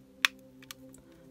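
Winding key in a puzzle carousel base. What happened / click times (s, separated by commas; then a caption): The plastic key clicked when turned tight enough / 0.2 s. A winding key in the base of a plastic 3D crystal puzzle carousel is turned until it gives a sharp click at 0.3 s, with a few fainter ticks after it. The click means the key is tight enough and turning should stop so it isn't over-tightened.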